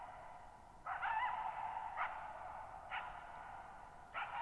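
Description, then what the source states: Coyote calling with a wavering yip-howl followed by three short sharp barks spaced about a second apart, each trailing a long ringing echo over quiet background. Lone coyote calling at night, July 14, 2019, Thirtymile Meadows, Okanogan National Forest, Okanogan High Country, Pacific Northwest, 6400 ft, in a bowl-shaped meadow on a high dry plateau over boggy ground.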